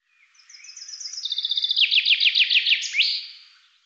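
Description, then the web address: Bird song: a series of high chirps speeding into a rhythmic trill of descending slurred notes, ending with a rising flourish; otherwise quiet background. "Deverinetal 2025 File cleaned normalized Bird Fr Co"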